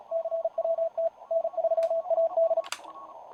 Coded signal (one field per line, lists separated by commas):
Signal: Morse code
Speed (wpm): 38 wpm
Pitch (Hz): 660 Hz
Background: radio noise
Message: CWT N3AD